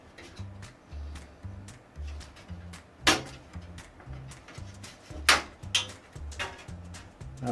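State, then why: Seated. A metal I/O shield is tilted in, bottom edge first, and pushed into the rear panel opening of a PC case over music in the background. Sharp pops are heard at 3.1, 5.3 and 5.8 seconds as its edges snap into place, and the shield ends up seated.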